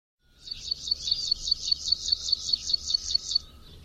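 Bird call: a fast, even series of many high, sharp chirps over a quiet low background hum.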